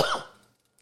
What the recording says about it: I still have a cough. I've had a cough for 6 weeks. So, it's, and I'm not, in theory, I'm not sick. We did two shows at Fiddler's Green in Denver. Well, outdoor venue. And it was windy and cold. And it dipped down to like the high 30s. I get up under those lights and start sweating.